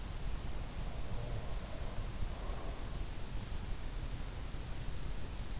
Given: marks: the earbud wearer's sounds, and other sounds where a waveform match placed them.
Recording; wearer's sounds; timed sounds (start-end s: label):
sounds in sleep by an in-ear microphone; breath
1.10-2.91 s: breath